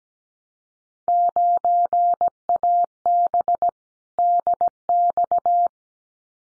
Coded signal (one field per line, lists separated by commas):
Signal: Morse code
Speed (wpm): 17 wpm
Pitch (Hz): 700 Hz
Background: none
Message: 9AB DX